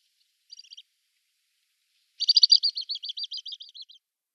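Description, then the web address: Little stint display song: a faint short rattle, then a loud rapid high trill of rolling notes that slowly fades over nearly two seconds. Male in display flight. "Schulze Peter Little Stint"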